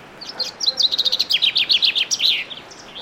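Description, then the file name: Common chaffinch song, a single quick run of clear high notes that descends and closes with a twisted flourish. "Fringilla coelebs"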